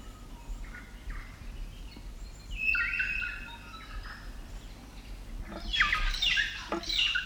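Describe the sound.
South Island kaka giving thin whistled notes, then two loud harsh, grating squawks near the end over a steady low hum.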